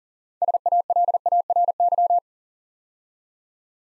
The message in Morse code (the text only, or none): SALARY